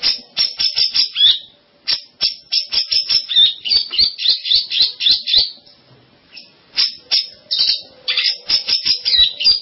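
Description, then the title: Long-tailed shrike singing rapid strings of clipped chirps, several per second, broken by short pauses, with occasional thin whistled notes woven in. "Kicau Burung Pentet"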